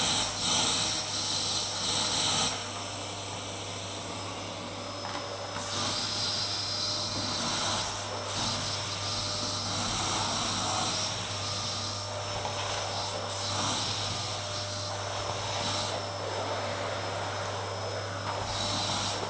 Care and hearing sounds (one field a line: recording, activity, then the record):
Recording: daily activity, microphone in the room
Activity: vacuum cleaning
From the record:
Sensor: 3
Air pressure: 991.8 hPa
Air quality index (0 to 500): 196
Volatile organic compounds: 1000 ppm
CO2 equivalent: 6627 ppm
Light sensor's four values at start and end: 30/89/36/31 and 14/41/16/15